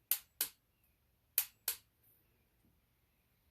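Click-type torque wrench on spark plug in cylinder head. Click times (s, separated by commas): 0.1 s, 0.4 s, 1.4 s, 1.7 s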